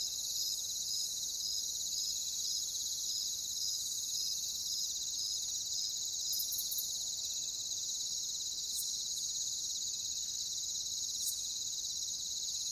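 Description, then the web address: Crickets chirp steadily in a shrill chorus over a high ringing drone. "ENTER Music and Audio J - Nature Songs Nature Sounds Sounds of Nature Collection Crickets"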